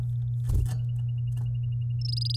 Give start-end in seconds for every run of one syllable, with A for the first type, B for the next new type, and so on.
2.01-2.36 A